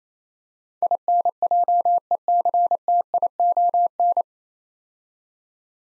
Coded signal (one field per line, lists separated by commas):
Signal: Morse code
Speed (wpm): 28 wpm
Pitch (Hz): 700 Hz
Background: none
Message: INJECTION